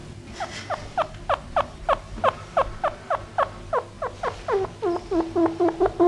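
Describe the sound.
Chinchilla giving quick repeated squeaky calls, each falling sharply, coming faster toward the end, over a low background hum.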